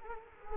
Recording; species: mosquito wingbeat signal from an infrared sensor; Culex quinquefasciatus